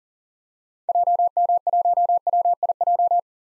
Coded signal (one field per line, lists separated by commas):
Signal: Morse code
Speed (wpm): 40 wpm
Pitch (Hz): 700 Hz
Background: none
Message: JM1WIJ